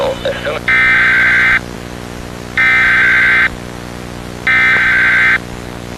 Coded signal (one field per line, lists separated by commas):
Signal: Emergency Alert System (SAME) tones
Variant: header bursts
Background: speech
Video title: EAS Short #11: Nuclear Attack pov